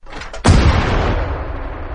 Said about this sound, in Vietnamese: Bằng, Tô Bạch bóp cò súng.